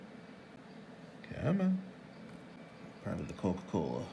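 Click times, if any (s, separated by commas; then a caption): none. A paperclip tool is run along the back side of the battery cable connector clip on an iPod logic board while the white part is held down with a spudger, in a first attempt to release it. Someone talks over a brief, faint handling sound. The clip does not come free, and nothing has clicked yet.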